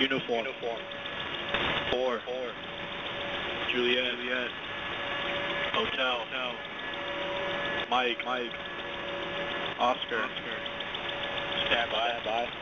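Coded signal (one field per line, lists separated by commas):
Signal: coded military voice message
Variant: English, callsign Overrate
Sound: male voice reading phonetic letters and numbers over HF radio, then saying standby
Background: radio static and hum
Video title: [US Air Force] 2 Emergency Action Messages of 37 characters from "Overrate"; 20. July 2020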